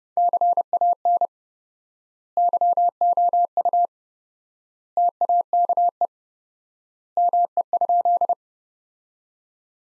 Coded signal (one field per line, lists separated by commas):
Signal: Morse code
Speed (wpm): 30 wpm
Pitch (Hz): 700 Hz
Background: none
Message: CAN YOU TAKE ME?